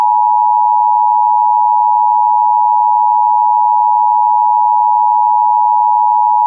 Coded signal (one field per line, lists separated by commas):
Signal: Emergency Alert System (SAME) tones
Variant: 853 and 960 Hz attention tone